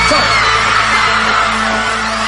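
audience applause and cheering

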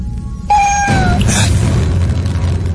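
cat meowing

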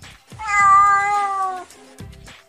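kitten meowing pitifully

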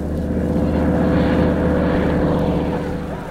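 airplane engine

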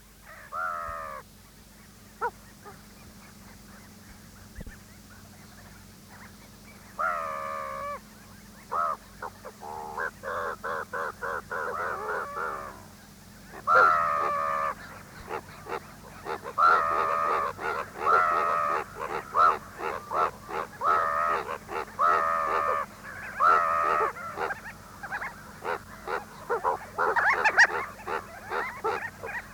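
crows cawing

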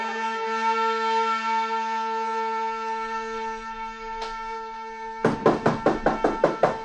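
knocking on a door

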